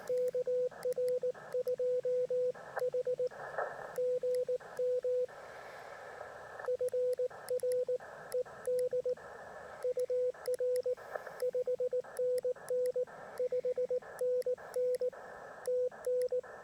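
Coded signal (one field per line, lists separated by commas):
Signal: Morse code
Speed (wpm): 17 wpm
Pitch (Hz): 470 Hz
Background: radio noise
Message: KR2H GM FR ED UR 5NN 5NN TN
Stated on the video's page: POTA CW activation, QRP portable, likely Penntek rig with Bioenno battery and end-fed half-wave antenna.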